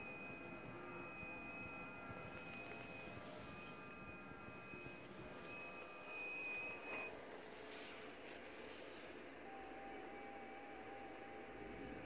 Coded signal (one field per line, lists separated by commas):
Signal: FT8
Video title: J79WTA, Dominica, Caribbean Sea, 18MHz, FT8, Worked by HL2WA